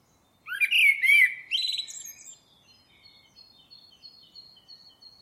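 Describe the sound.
Bird giving a single rising, warbling phrase with buzzy edges, fading into soft, repeated thin notes.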